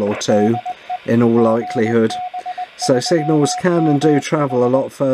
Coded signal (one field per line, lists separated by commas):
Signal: Morse code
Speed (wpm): 20 wpm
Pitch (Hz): 730 Hz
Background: speech, radio noise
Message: DE GB3MH